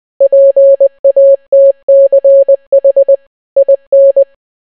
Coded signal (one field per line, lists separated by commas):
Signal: Morse code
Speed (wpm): 20 wpm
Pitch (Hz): 550 Hz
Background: none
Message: PATCH IN